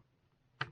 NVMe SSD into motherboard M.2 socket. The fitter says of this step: محفوظ ہونے پر ایک کلک ہوگا۔